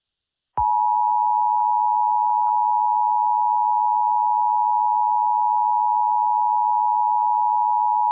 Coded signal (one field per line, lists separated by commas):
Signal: Emergency Alert System (SAME) tones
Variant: 853 and 960 Hz attention tone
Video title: Eas Alert Bunny Volcano